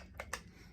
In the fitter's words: so just clicks right in like that very easy